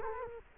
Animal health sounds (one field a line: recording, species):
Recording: mosquito wingbeat signal from an infrared sensor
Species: Culex quinquefasciatus